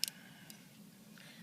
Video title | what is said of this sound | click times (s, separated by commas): Leatherman Wave | It's got a decent little blade that you can open one-handed. It locks in place. | 0.0 s